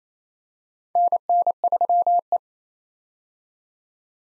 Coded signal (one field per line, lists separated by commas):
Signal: Morse code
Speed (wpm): 28 wpm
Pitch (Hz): 700 Hz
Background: none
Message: NN3E